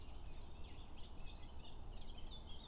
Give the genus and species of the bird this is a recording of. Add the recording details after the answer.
Phylloscopus collybita. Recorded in Germany. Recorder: ecoPi